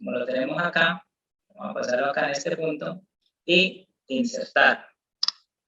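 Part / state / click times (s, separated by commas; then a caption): ignition cable boot onto ignition coil tower / seated / 5.2 s. An ignition cable with its rubber boot is lined up square to the ignition coil of a Chevrolet Spark and pushed onto the coil tower while someone talks. A sharp click at 5.2 s shows the boot's terminal has locked onto the coil's terminal, seated correctly and able to hold the coil's weight by the cable.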